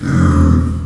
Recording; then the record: squeal of a Yucatan mini pig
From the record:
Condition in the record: after surgery on the right vocal fold (resection and tissue-engineered implant); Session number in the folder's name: 12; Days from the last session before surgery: 105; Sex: female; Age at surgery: 19 weeks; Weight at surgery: 25 kg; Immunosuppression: prednisolone